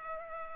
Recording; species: mosquito wingbeat signal from an infrared sensor; Culex pipiens